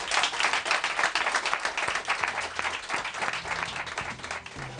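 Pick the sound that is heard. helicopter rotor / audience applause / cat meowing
audience applause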